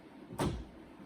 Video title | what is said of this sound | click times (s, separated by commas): ✅ GMC Yukon ● Upgrade Your Legacy Headlights with New LED ● 2007-2014 | And then there's that clip that's going to kind of lock in place on this side here. You'll hear it clunk | 0.4 s